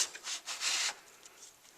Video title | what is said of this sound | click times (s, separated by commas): Building My Car From The Frame Up, Episode 19, Installing Dashboard | in there there we go and it pops right in place | 1.3 s